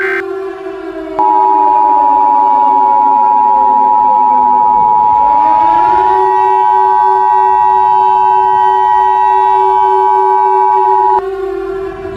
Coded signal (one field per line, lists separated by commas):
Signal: Emergency Alert System (SAME) tones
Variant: 853 and 960 Hz attention tone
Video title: (1.3K Subscribers Special) EAS Scenario #6: The Fastbots